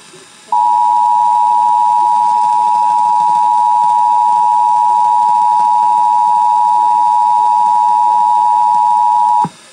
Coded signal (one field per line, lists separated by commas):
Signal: Emergency Alert System (SAME) tones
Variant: 853 and 960 Hz attention tone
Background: speech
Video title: EAS: IPAWS Weekly Test (1/18/21)(EAS #557)